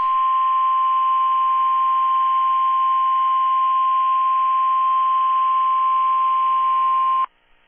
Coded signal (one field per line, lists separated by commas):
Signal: Emergency Alert System (SAME) tones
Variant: 1050 Hz attention tone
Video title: NWR Weeklies & Nevada Monthly Tests (EAS #1260-#1272)